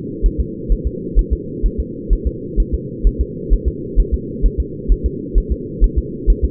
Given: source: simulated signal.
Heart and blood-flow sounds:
fetal heart sounds
0.26 s: S1
0.40 s: S2
0.72 s: S1
0.87 s: S2
1.19 s: S1
1.33 s: S2
1.66 s: S1
1.80 s: S2
2.13 s: S1
2.27 s: S2
2.60 s: S1
2.74 s: S2
3.07 s: S1
3.21 s: S2
3.53 s: S1
3.68 s: S2
4.00 s: S1
4.14 s: S2
4.46 s: S1
4.60 s: S2
4.92 s: S1
5.06 s: S2
5.38 s: S1
5.52 s: S2
5.84 s: S1
5.98 s: S2
6.30 s: S1
6.45 s: S2
From the record:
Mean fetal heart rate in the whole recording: 130 bpm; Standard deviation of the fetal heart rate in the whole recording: 2 bpm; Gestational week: 36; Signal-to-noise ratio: -4.1 dB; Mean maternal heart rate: no maternal heart sound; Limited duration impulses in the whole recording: absent

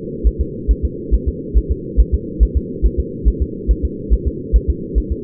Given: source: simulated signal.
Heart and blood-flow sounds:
fetal heart sounds
0.27 s: S1
0.41 s: S2
0.71 s: S1
0.85 s: S2
1.14 s: S1
1.29 s: S2
1.58 s: S1
1.72 s: S2
2.00 s: S1
2.14 s: S2
2.43 s: S1
2.57 s: S2
2.86 s: S1
3.00 s: S2
3.28 s: S1
3.42 s: S2
3.71 s: S1
3.85 s: S2
4.14 s: S1
4.27 s: S2
4.56 s: S1
4.70 s: S2
4.98 s: S1
5.12 s: S2
From the record:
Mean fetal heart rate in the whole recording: 140 bpm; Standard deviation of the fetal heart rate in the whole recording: 2 bpm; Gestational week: 34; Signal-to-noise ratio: -4.1 dB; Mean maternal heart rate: no maternal heart sound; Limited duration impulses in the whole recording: absent

